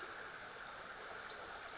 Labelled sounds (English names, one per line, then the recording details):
Western Flycatcher
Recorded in Sonoma County, California